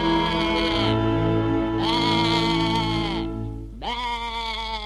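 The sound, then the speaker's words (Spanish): A sheep bleats three times in a row, each a long, wavering, nasal cry with rich harmonics, the last one sliding upward in pitch. No one speaks. “Luego ve que, con ojos de candor, tomando el sol está tía Oveja.”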